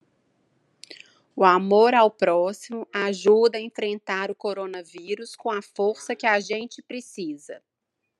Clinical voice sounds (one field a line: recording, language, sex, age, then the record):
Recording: spoken sentence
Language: Brazilian Portuguese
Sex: female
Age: 30 to 39 years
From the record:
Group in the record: control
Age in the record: 32 years